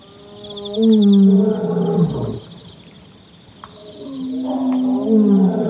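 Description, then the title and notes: Lion roar: two low, groaning moans with rich overtones, each swelling then falling away, with a pause between. A faint steady high hum sits in the background. Lion territorial call at dawn, 6:41 AM, 27 August 2015, Chief's Island, Okavango Delta; heard briefly overnight, mic left pointed toward it; Sound Devices 702 recorder, Sennheiser 418 shotgun mic. "Lions (And Baboons) At Dawn In Mombo. August 27 2015, 6:41 AM. Chief's Island, Okavango Delta"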